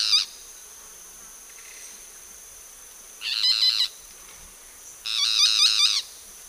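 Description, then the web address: Boat-billed flycatcher song: harsh, nasal rattling trills with wavering stacked tones, three bursts across six seconds over a faint steady high hiss. Two birds singing; eastern lowlands of South America. "Natures Songs S America Eastern Lowlands. Megarynchus pitangua, songs 2 birds"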